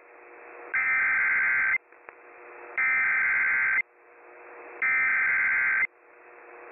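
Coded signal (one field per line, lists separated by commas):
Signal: Emergency Alert System (SAME) tones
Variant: header bursts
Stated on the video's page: Real tornado and severe weather alerts for Middle Tennessee, including a Tornado Emergency, during a live outbreak.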